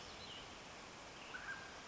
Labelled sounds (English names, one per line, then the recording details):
Mountain Quail
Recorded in Sonoma County, California